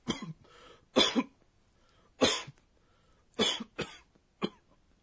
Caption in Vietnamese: Đây là ho sù sụ. Goho goho miêu tả một người ho sặc sụa đến mức khó thở.